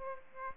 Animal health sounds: mosquito wingbeat signal from an infrared sensor; Aedes aegypti

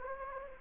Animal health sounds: mosquito wingbeat signal from an infrared sensor; Anopheles gambiae

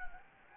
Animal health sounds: mosquito wingbeat signal from an infrared sensor; Anopheles gambiae

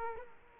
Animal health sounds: mosquito wingbeat signal from an infrared sensor; Culex quinquefasciatus

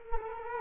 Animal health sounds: mosquito wingbeat signal from an infrared sensor; Culex quinquefasciatus

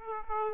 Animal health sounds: mosquito wingbeat signal from an infrared sensor; Aedes aegypti

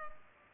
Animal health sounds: mosquito wingbeat signal from an infrared sensor; Culex pipiens

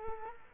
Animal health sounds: mosquito wingbeat signal from an infrared sensor; Culex quinquefasciatus

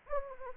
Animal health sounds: mosquito wingbeat signal from an infrared sensor; Anopheles arabiensis

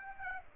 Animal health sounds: mosquito wingbeat signal from an infrared sensor; Aedes aegypti

